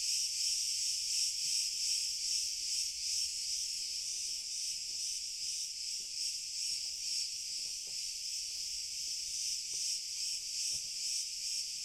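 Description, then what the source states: Cricket chorus, a continuous high pulsing trill with no breaks. Cricket chorus, very distant.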